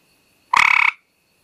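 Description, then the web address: Gray treefrog producing a single quick, buzzy pulsed trill lasting under half a second, with a faint steady high-pitched hum in the background. "Frog Hyla Versicolor"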